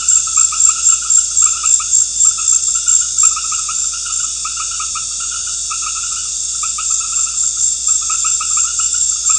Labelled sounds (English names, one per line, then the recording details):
none
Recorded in pastures near Puerto Asís, Putumayo, Colombia, on 13 March 2025 at 19:00
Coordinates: 0.502, -76.324
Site GP07